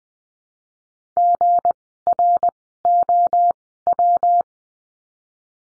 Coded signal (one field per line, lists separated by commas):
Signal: Morse code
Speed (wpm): 20 wpm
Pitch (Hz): 700 Hz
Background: none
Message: GROW